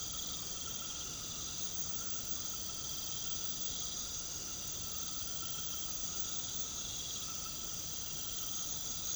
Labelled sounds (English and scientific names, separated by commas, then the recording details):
none
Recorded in pastures near Puerto Asís, Putumayo, Colombia, on 8 March 2025 at 21:30
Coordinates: 0.486, -76.323
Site G075